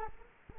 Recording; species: mosquito wingbeat signal from an infrared sensor; Culex quinquefasciatus